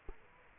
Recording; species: mosquito wingbeat signal from an infrared sensor; Culex quinquefasciatus